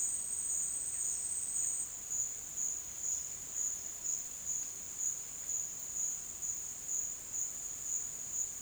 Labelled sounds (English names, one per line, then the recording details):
none
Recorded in secondary vegetation near Puerto Asís, Putumayo, Colombia, on 25 June 2025 at 12:00
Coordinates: 0.485, -76.322
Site GP06